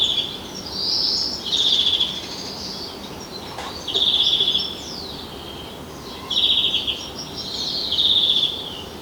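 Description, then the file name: European greenfinch giving several short trilled phrases separated by gaps, over steady background noise. "Chloris chloris"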